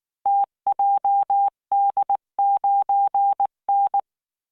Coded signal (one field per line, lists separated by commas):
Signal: Morse code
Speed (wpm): 19 wpm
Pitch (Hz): 800 Hz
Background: none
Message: TJD9N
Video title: tamanのモールス練習動画15（モールス信号 速度19WPM スペース標準）Learn Morse Code